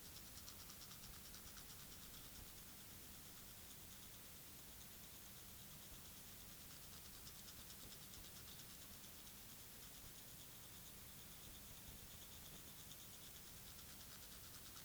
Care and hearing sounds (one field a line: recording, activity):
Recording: daily activity, guitar pickup as the sensor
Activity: brush teeth